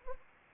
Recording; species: mosquito wingbeat signal from an infrared sensor; Anopheles arabiensis